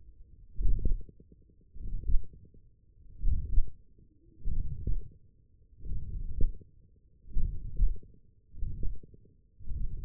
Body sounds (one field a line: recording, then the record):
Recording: forearm muscle sounds (acoustic myography)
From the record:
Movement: hand opening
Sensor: system 1, eight BSWA MPA416 microphones around the upper forearm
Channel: 3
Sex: male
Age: 42 years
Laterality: right